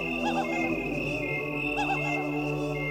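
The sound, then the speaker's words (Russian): A dense night chorus of cicadas invading a town in late summer, trilling without pause, a steady high buzz layered with warbling, looping tones that swell and fade, fairly loud and with no voices. “А надо вам сказать, что к яблочному спасу, как начнет небо поворачивать с лета на осень, город наш имеет обыкновение подвергаться истинному нашествию цикад.”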